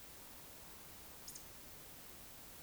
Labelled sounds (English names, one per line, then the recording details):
Eurasian Woodcock whistle
Eurasian Woodcock croak
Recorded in Baden-Württemberg, Germany, on 20 May 2021 at 19:55 UTC
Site 24606, 635 m above sea level